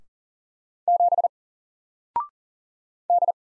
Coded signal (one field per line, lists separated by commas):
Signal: Morse code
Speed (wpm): 40 wpm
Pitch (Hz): 700 Hz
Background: none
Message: 7 D